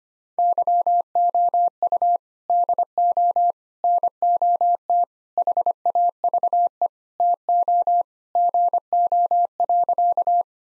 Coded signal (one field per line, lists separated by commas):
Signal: Morse code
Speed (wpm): 25 wpm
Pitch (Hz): 700 Hz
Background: none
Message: YOU DO NOT HAVE TO GO.